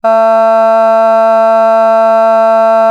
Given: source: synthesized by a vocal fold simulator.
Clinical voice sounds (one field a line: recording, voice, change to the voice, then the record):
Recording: sustained vowel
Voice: female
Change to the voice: vocal strain, level 3 of 10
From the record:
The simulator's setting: 0.22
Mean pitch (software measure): 224 Hz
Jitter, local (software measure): 0.17%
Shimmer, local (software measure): 0.8%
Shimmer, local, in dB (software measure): 0.07 dB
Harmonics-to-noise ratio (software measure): 34.3 dB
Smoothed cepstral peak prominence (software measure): 20.6 dB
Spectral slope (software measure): -20.6 dB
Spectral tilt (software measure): -8.4 dB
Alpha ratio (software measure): -11.1 dB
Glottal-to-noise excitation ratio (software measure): 0.993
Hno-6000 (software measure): 2.3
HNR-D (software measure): 41.3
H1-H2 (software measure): 3.3 dB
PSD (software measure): 9.0e-06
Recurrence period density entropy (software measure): 0.147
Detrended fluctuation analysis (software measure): 0.0121